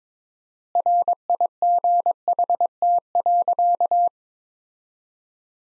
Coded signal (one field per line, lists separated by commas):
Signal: Morse code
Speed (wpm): 22 wpm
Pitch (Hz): 700 Hz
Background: none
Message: RIGHT.